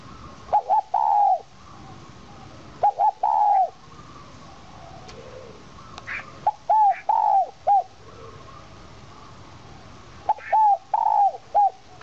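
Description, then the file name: Spotted dove cooing in spaced phrases: a couple of short notes, then a longer arched coo, repeated several times with pauses between. Cooing in the 'giọng kim' voice style. "Tieng chim Cu gay giong kim. tieng cu gay giong kim"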